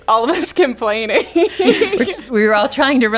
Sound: laughter